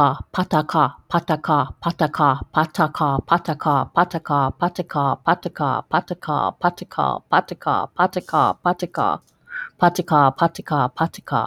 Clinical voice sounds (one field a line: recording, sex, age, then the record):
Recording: repeated syllables /pa ta ka/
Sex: female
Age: 50 to 59 years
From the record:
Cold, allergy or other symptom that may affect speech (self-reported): no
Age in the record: 56 years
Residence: Georgia, United States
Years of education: 14